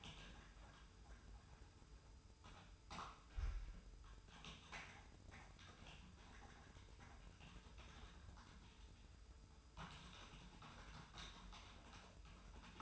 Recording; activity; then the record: daily activity, microphone in the room; typing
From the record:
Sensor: 2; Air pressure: 990.8 hPa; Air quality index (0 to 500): 144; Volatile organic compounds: 297 ppm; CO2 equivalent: 4474 ppm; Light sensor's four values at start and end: 27/68/27/28 and 27/68/27/28